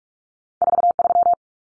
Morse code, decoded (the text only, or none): 43